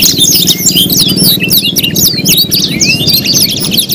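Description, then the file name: Canary song of rapid twittering and swooping notes over a low rumbling hum, many chirps overlapping without break. Simulated canary singing-contest audio with isian (tutor or fill-in songs). "audio-simulasi-lomba-kenari-isian 3-omkicau"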